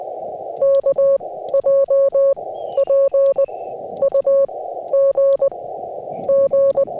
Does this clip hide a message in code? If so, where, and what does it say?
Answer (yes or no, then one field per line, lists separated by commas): yes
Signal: Morse code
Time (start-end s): 0.6-6.8 s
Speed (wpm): 20 wpm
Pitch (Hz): 550 Hz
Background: music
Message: K J PUG G